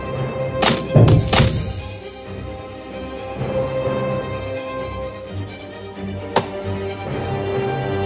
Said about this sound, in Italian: Fa sì che tutta la legna in questo palazzo sia fatta a pezzi.